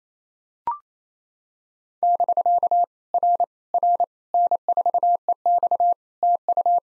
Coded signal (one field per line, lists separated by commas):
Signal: Morse code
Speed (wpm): 28 wpm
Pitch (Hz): 700 Hz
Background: none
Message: <BK> R R N4EX TU